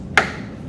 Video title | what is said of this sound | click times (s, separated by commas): Creative Sensation Pro -- Video #3 | and when you hear that click then you know it's in good | 0.2 s